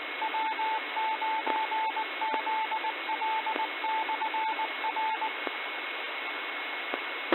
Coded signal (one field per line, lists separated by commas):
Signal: Morse code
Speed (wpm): 19 wpm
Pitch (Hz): 880 Hz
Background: radio noise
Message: W9ZL/R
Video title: FOX CITIES AMATEUR RADIO, WEEKLY NET, WEDNESDAY, 2024 02 21 19 59 31